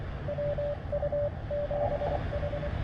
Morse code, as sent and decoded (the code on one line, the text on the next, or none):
.-- ..- --... ....
WU7H